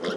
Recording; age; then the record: pig call; piglet (1 to 25 days)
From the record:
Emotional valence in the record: positive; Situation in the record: before nursing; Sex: male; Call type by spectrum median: low-frequency call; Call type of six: low-frequency tonal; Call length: 0.17 s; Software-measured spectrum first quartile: 408 Hz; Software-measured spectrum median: 739 Hz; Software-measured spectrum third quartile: 2225 Hz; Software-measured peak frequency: 448 Hz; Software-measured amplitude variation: 81 dB a second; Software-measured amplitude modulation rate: 11.6 a second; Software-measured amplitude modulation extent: 7.0 dB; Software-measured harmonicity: 2.4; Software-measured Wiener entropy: -1.89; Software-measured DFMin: 1415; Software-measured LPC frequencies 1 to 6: 472, 1355, 1905, 3187, 3584, 4700 Hz